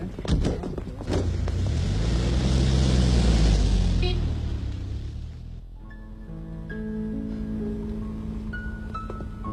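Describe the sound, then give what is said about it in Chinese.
A car engine starts and revs, its low rumble rising and falling in pitch as it pulls away for about five seconds, then gives way to soft tonal music. “汽车慢一点。”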